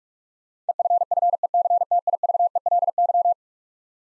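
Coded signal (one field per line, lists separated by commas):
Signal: Morse code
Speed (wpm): 46 wpm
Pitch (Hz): 700 Hz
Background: none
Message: EFFECTIVELY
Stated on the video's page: Head-copy drill of eleven-letter words sent at 45 wpm, each word sent, then spoken, then sent again.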